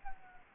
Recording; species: mosquito wingbeat signal from an infrared sensor; Anopheles gambiae